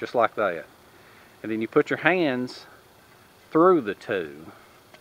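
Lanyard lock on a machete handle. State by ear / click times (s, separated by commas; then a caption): not seated / none. A lanyard lock on a machete handle is handled: the lanyard is laid over the machete blade, pushed down, and a hand is put through the tube. Someone talks throughout, with quiet pauses between phrases. Nothing has seated or clicked yet.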